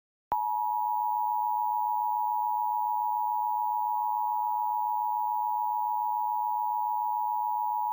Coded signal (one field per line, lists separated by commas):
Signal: Emergency Alert System (SAME) tones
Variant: 853 and 960 Hz attention tone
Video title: LIVE: MN's new social media warning law, Wednesday storm chances | FOX 9 All Day